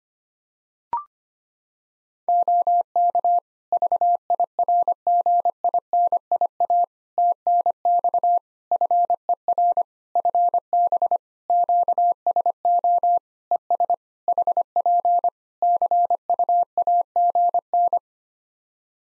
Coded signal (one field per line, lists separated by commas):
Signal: Morse code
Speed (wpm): 25 wpm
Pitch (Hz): 700 Hz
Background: none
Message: OK VIRGINIA TNX FER FB QSO ES HP CUAGN